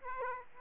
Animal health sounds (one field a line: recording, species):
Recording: mosquito wingbeat signal from an infrared sensor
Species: Aedes aegypti